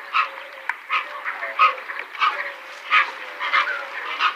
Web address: Dalmatian Pelican